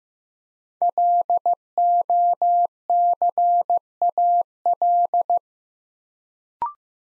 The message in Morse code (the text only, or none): LOCAL